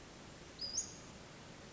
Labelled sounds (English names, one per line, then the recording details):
Western Flycatcher
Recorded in Sonoma County, California